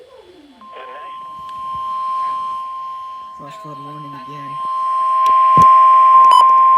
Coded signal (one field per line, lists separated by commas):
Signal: Emergency Alert System (SAME) tones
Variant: 1050 Hz attention tone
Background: speech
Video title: NEVER ENDING FLOODING!!! (EAS Alerts from 11/11/20-11/12/20 EAS #54-78)